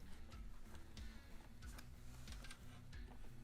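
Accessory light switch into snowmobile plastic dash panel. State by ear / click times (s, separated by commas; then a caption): not seated / none. An accessory light switch and its wiring from an LJE Products WhiteOut light kit are fed through the hole in the plastic dash panel of an Axys snowmobile and turned into position, with background music playing throughout. Soft plastic handling ticks and rustles are heard at about 1.0, 1.8, 2.3 and 2.5 seconds. The switch has not been pressed home, and nothing has seated or clicked yet.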